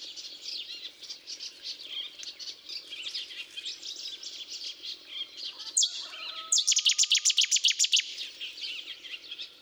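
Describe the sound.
Cetti's warbler song: a sudden loud burst of about a dozen sharp, rapidly repeated notes, following several seconds of continuous high twittering in the background.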